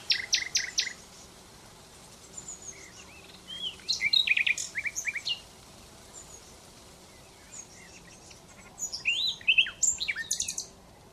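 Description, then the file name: Common Nightingale song in separated bursts: a few sharp repeated notes, then rich varied whistles and trills, pausing between phrases, over a quiet hiss. "Luscinia megarhynchos"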